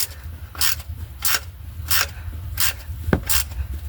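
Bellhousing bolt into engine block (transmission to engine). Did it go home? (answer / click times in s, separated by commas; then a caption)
yes / 3.1 s. A wrench tightens a bellhousing bolt joining the transmission to the engine block on a 2009 Dodge Journey, with the bolts worked evenly side to side to pull the transmission in. Repeated bursts of ratcheting are heard, then a single sharp click at 3.1 s as the wrench reaches its setting and the bolt is torqued.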